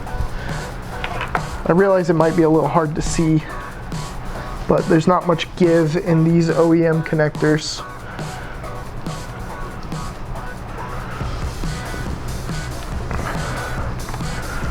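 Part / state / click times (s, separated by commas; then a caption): tuning module connector into motorcycle throttle position sensor harness plug / not seated / none. Someone talks while handling a stiff OEM plastic wiring connector, lining up a tuning module connector with the throttle position sensor harness plug on a Triumph Daytona 675R motorcycle. Soft plastic handling sounds and background music are heard, with a few brief taps. The connector has not seated or clicked yet.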